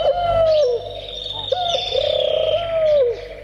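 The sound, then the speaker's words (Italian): Turtle doves cooing in long, steady, hollow notes that bend slightly in pitch, with a brief pause between calls. The cooing is loud and clear, and no one speaks. “Le tortore che tubano.”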